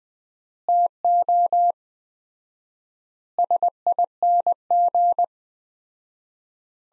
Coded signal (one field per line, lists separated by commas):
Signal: Morse code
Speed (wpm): 20 wpm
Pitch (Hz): 700 Hz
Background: none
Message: TO SING